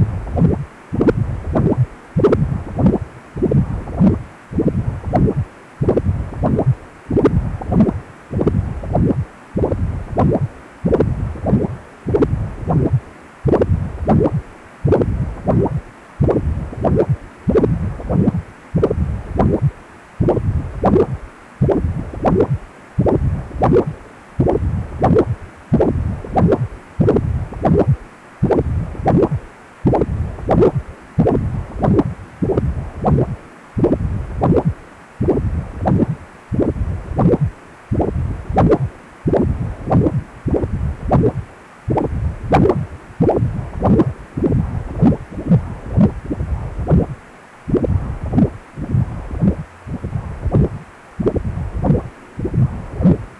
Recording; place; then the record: Doppler ultrasound of blood flow; precordium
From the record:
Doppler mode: continuous wave and pulsed wave in the uncut recording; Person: healthy adult, 18 to 50 years, no heart murmur, not diving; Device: 2.5 MHz transducer